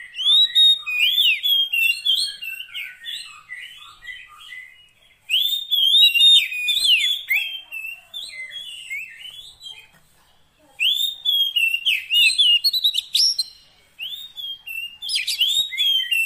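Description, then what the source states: Oriental magpie-robin singing long, loud bouts of varied whistles, trills and chattering notes, broken by a few brief pauses. Fill-in (isian) training song of long duration, meant to get a kept bird singing vigorously (gacor) day and night.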